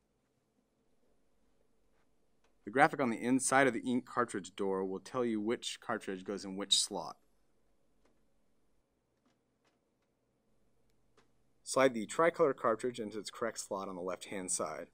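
A tri-color ink cartridge is slid toward its correct slot on the left side of the carriage of an HP Deskjet 2540 All-in-One printer and lined up before being pushed home. Someone talks from about 2.7 to 7.1 s and again from 11.7 s to the end, with a quiet stretch in between. The cartridge is only being handled, and nothing has seated or clicked yet.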